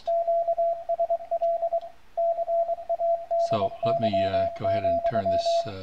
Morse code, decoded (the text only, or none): QSL CADY,